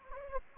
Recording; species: mosquito wingbeat signal from an infrared sensor; Anopheles gambiae